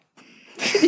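Faint high thin whistle on a nasal breath from an adult woman's nose, then a louder rush of air: nasal wheezing through a narrowed nose.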